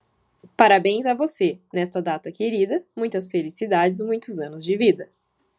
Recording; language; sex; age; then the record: short text; Brazilian Portuguese; female; 20 to 29 years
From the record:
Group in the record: control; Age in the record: 26 years